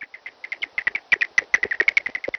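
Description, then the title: Barbastelle bat calls heard as dry, rapid clicking pulses, roughly ten a second, slightly uneven in spacing and strength, with no other sounds. Barbastelles recorded at a great barn. "barbastelles at paston great barn"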